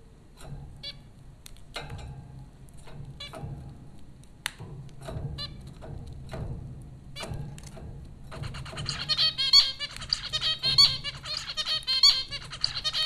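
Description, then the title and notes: Zebra finches with sparse clicks and short calls at first, then a busy chorus of nasal, trumpet-like beeps from about eight seconds on, over a low steady hum. Zebra finches recorded by Dan Bodah at Popcorn School, Flatbush, Brooklyn, New York, in April 2009. "Dronecast: The Popcorn Finches Four from Apr 15, 2009. Zebra finches recorded by Dan Bodah at Popcorn School, Flatbush, Brooklyn NY in April 2009"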